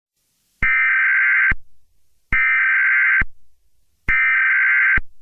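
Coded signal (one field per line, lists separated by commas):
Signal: Emergency Alert System (SAME) tones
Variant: header bursts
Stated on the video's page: Fictional EAS scenario depicting meteor strikes, a simulated alert.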